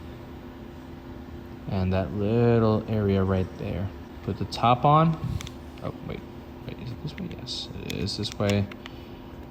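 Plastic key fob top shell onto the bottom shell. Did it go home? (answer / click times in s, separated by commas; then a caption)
no / none. Someone talks while handling the plastic top half of a 2010–2015 Camaro key fob shell, with its spring loaded inside, as it is fitted onto the bottom shell. Faint handling sounds sit under a steady low hum. The shell has not yet clicked shut and nothing has seated by the end of the clip.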